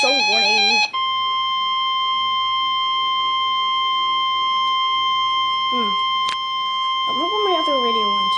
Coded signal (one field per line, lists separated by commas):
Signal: Emergency Alert System (SAME) tones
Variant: 1050 Hz attention tone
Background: speech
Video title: NOAA Weather Radio EAS #3: Severe T-Sorm Warning